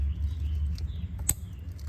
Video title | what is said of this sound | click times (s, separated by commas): Easy Diy Guide: Changing Spark Plugs On 2006 Dodge Dakota 4.7l 4wd Quad Cab | and then you'll take the wiring harness until you can hear it uh it kind of click in place listen | 1.3 s